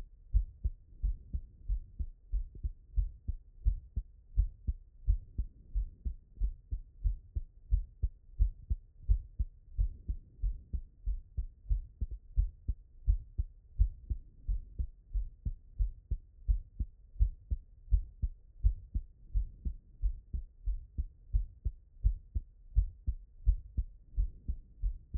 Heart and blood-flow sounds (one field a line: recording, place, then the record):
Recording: heart sounds by stethoscope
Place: pulmonary valve (PV)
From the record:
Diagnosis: non-HFrEF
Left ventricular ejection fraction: 68%